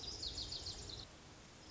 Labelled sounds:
Lazuli Bunting (Passerina amoena)
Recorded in Sonoma County, California

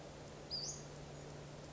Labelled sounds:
Western Flycatcher (Empidonax difficilis)
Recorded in Sonoma County, California

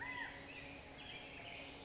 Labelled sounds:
California Quail (Callipepla californica)
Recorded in Sonoma County, California

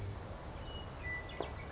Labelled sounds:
Western Meadowlark (Sturnella neglecta)
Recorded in Sonoma County, California

